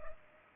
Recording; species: mosquito wingbeat signal from an infrared sensor; Culex pipiens